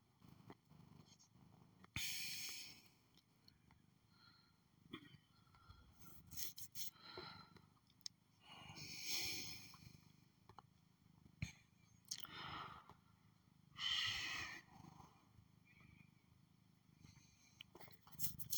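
A female cat purrs steadily throughout, a low continuous rumbling drone, interrupted now and then by brief hissy, scraping bursts like fur rubbing against something.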